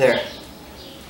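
A metal engine part is being handled and pushed toward its place in a 150cc motorcycle engine during reassembly. Someone talks briefly over low background noise. Nothing has seated or clicked yet.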